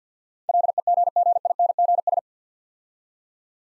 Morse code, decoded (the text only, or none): LEGGINGS